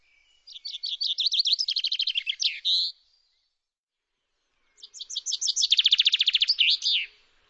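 Bird song: two rapid buzzy trilled phrases of fast repeated high notes, each about two and a half seconds long, separated by a pause of about two seconds.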